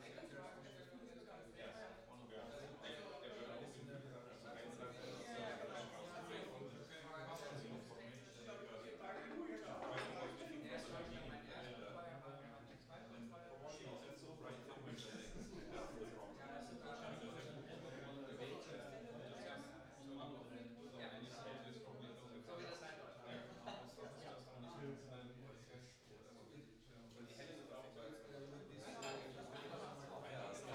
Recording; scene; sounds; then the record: everyday scene through a hearing-aid microphone; many people talking; many voices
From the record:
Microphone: in the ear canal, right